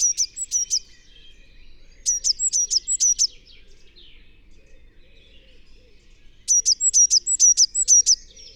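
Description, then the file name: Eurasian blue tit calling in three separate bursts of fast, high, thin notes, with quiet gaps between. "Cyanistes caeruleus"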